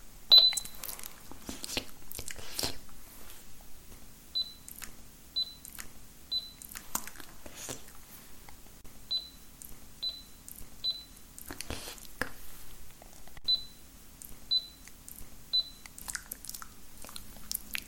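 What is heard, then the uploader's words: Dry clicks and taps of long nails and small objects come in irregular bursts, a few sharper and louder near the start and around twelve seconds. Short, high beeps sound repeatedly in sets of three over a faint low hum. Girl With Long Nails Spit Paints You With Random Objects.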